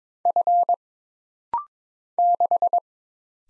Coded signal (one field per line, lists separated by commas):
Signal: Morse code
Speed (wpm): 22 wpm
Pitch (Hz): 700 Hz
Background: none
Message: F 6